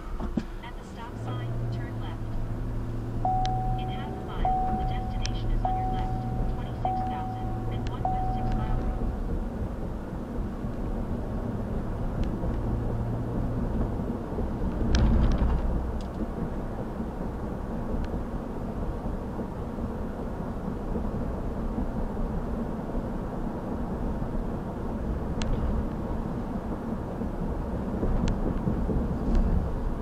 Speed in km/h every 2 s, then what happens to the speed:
15, 26, 37, 45, 50, 55, 61, 64, 64, 66, 69, 71, 71, 71, 69.
0-22 speeds up to 71. 22-30 steady at about 71.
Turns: none.